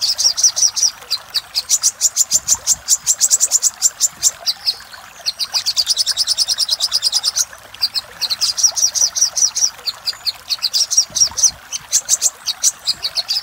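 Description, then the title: Little spiderhunter delivering extended rapid trains of thin, high chips, several bursts separated by short pauses, steady and insistent throughout. Master recording used to train cage birds; labelled Labaik. "Masteran Burung Sogok Ontong Labaik"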